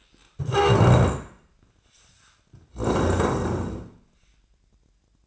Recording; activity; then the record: daily activity, microphone in the room; stand up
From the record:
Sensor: 2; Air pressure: 1012.2 hPa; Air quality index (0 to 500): 158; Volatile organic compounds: 2 ppm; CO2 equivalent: 1162 ppm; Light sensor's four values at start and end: 44/110/47/54 and 37/98/41/48